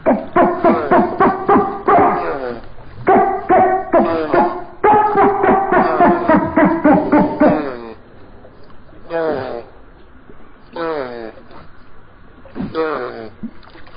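Dolphin chatter in fast runs of squeaky harmonic pulses for about eight seconds, followed by a few scattered, separate bursts.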